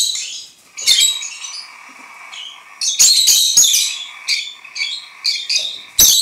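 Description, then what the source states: Lovebird song of harsh squeaks and buzzy chatter, with sharp squawks around the third second and repeated shrill notes toward the end. Several lovebirds (Agapornis) singing.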